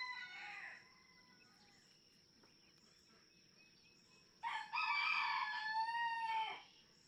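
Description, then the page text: Red junglefowl (chicken): rooster crowing, a brief fading end of one crow at the start, then a loud harmonic crow of about two seconds near the end, with a steady high tone throughout. Several roosters, each with its own distinct crow, in a barnyard just outside Mammoth Cave National Park, Kentucky, June 2, 2010. "Birdsong for the Curious Naturalist Red junglefowl (chicken) No two roosters crow alike in this Kentucky barnyard. June 2, 2010. Just outside Mammoth Cave National Park, Kentucky."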